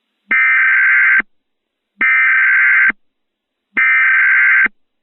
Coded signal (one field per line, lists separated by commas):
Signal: Emergency Alert System (SAME) tones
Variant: header bursts